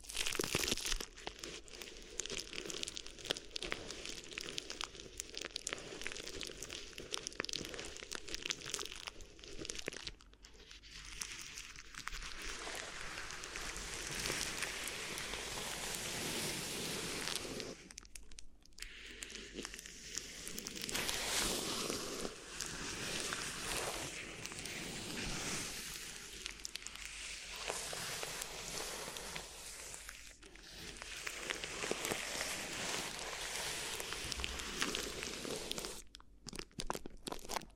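Crinkly rustling for an ear massage, a dense, continuous stream of fine crackles and crumpling that fills the whole range. It stays busy throughout, with brief quieter breaks around 10, 18, 30 and 36 seconds before the crinkling resumes.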